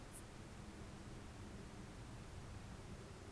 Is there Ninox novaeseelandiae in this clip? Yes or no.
no